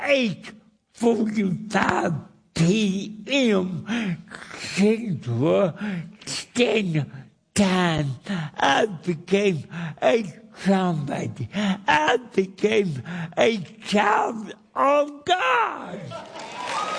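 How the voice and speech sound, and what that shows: An adult man speaks slowly and effortfully, with stretched vowels, blurred or dropped consonants, wide pitch swings and long pauses between words, in an emphatic preaching style as he gives his testimony in a church. This is dysarthria from cerebral palsy present since birth, making the speech hard to understand.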